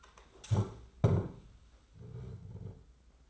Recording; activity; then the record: daily activity, microphone in the room; stand up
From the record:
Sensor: 3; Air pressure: 991.7 hPa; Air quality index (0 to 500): 166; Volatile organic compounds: 1000 ppm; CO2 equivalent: 5470 ppm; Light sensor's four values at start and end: 34/97/40/34 and 35/100/41/35